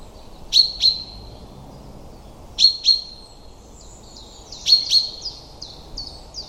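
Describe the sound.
Common chaffinch repeating clipped metallic double calls every two seconds, while another bird's soft repeated whistles run in the background.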